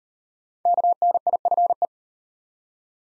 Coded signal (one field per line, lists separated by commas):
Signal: Morse code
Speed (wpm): 40 wpm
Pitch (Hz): 700 Hz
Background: none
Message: KNIFE